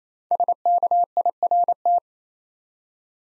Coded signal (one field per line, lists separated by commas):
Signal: Morse code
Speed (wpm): 27 wpm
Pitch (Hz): 700 Hz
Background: none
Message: SKIRT